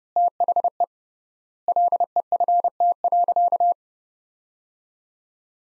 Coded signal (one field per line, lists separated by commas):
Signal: Morse code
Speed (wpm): 30 wpm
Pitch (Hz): 700 Hz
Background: none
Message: THE LEFT.